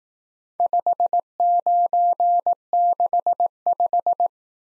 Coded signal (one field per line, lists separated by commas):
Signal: Morse code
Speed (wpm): 18 wpm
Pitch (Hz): 700 Hz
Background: none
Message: 5965